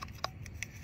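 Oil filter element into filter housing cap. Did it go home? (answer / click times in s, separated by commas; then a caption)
no / none. A new oil filter element is being handled and pushed toward the center post of the plastic filter housing cap on an E90 BMW during an oil change. Short, light tick-like handling sounds are heard, the sharpest at about 0.2 s, over a low background hum. Nothing has seated or snapped into place yet.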